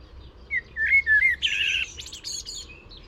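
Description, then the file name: Common blackbird singing a few rich, slurred whistles, then a squeaky, scratchy burst of high twitter notes at the close of the phrase. "Turdus merula"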